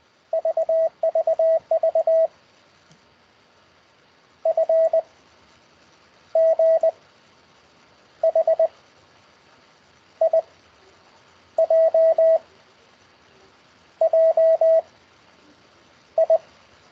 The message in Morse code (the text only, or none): VVV F G H I J J I